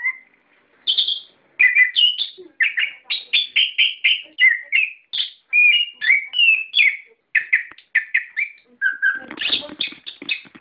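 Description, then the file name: Songbird song of quick chirps and whistled phrases in a steady stream, ending in a burst of harsher rasping notes. Masteran, song-training audio used for cage birds. "ak-masteran -omkicau"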